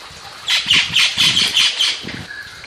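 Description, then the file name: Bird calling in a rapid run of about six harsh, scratchy squawks, each short and evenly spaced, over a soft background hiss. "SABIOD 50 bird 2015"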